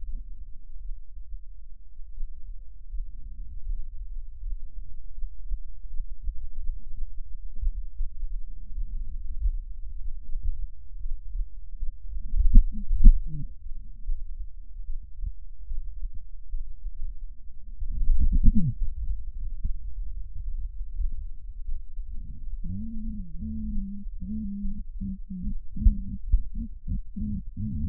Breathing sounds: lung sounds by stethoscope; left anterior apical chest; quiet breathing, then cough and speech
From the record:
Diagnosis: COPD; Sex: female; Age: 72 years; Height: 156 cm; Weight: 72 kg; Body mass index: 29.6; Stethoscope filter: bell mode

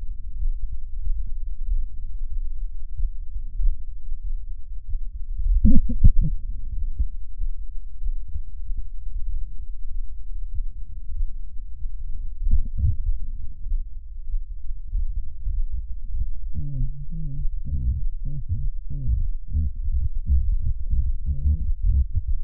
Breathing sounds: lung sounds by stethoscope; left posterior apical chest; quiet breathing, then cough and speech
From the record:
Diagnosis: interstitial lung disease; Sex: female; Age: 68 years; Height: 152 cm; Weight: 76 kg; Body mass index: 32.9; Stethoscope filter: bell mode

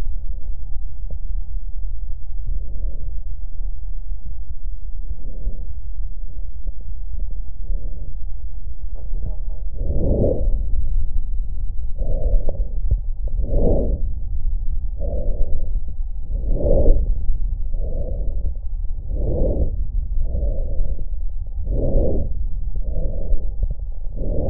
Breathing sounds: lung sounds by stethoscope; left posterior apical chest; quiet breathing, then deep breathing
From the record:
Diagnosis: interstitial lung disease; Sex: female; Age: 70 years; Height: 160 cm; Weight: 93 kg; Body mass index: 36.3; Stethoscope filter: extended mode

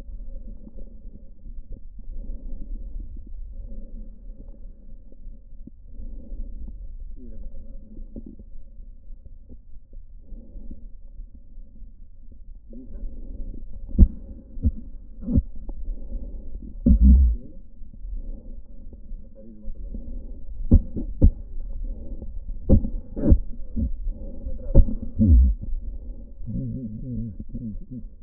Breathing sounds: lung sounds by stethoscope; right anterior apical chest; quiet breathing, then cough and speech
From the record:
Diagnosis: pulmonary infection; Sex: male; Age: 69 years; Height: 184 cm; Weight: 115 kg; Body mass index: 34.0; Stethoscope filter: diaphragm mode

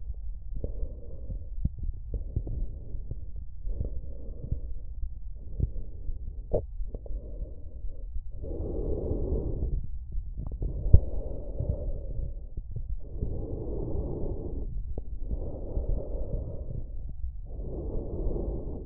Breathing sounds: lung sounds by stethoscope; trachea; quiet breathing, then deep breathing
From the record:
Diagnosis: interstitial lung disease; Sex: male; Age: 74 years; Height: 160 cm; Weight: 54 kg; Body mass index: 21.1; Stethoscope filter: extended mode

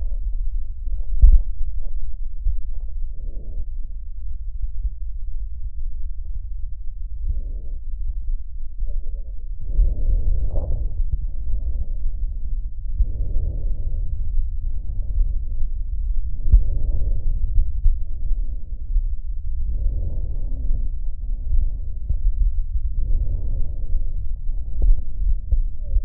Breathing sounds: lung sounds by stethoscope; left posterior basal chest; quiet breathing, then deep breathing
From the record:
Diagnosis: pulmonary infection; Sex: male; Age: 86 years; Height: 165 cm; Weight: 65 kg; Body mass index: 23.9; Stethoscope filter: extended mode

